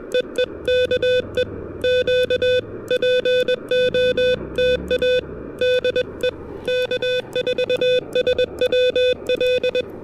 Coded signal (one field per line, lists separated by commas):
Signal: Morse code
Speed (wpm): 21 wpm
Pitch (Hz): 500 Hz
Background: music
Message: EE K E Q POTA DE K4SWL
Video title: POTA at Mount Pisgah: Punching through patchy propagation and dodging dodgy weather!